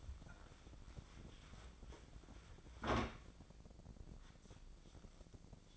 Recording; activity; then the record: daily activity, microphone in the room; wipe stove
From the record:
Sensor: 5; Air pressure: 1012.4 hPa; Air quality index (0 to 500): 160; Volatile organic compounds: 2 ppm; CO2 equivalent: 1086 ppm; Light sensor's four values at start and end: 199/477/202/230 and 199/478/202/228